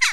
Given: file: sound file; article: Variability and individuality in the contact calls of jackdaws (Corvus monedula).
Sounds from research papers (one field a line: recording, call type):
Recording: jackdaw call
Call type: harmonic